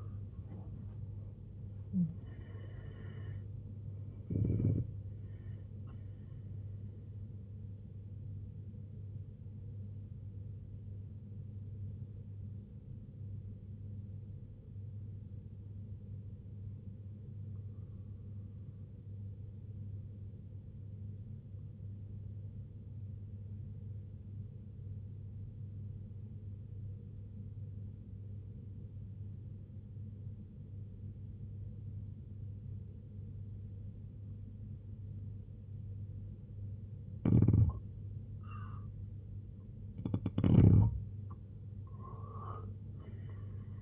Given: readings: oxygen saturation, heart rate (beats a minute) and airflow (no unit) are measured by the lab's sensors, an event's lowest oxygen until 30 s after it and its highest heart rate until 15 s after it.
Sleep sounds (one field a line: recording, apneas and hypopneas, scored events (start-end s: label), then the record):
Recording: breathing in sleep by a smartphone at the bedside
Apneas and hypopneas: 1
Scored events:
12.00-38.60 s: hypopnea (N1, oxygen 96% highest, then 85% lowest, heart rate 65 at the start, 90 highest)
17.00-43.82 s: new sleep stage, N2 (light sleep)
From the record:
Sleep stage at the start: N1 (lightest sleep)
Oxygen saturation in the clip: 82 to 96%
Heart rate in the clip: 65 to 97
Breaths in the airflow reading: 5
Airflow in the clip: -10.8 to 8.6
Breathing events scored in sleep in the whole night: 258 in 7.4 hours asleep